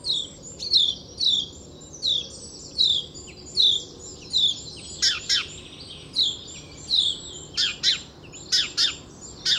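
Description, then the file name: House sparrow chirps, sharp and repeated, in the second half, over a run of falling, whistled phrases from another bird that repeat throughout. "Passer domesticus"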